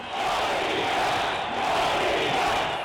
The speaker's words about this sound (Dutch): No Green Pass, roepen ze. Dit was een demonstratie afgelopen weekend in Rome. 10.000 mensen waren daar. Velen boos omdat wie niet gevaccineerd is vanaf morgen zelf moet betalen om te mogen werken.